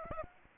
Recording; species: mosquito wingbeat signal from an infrared sensor; Aedes aegypti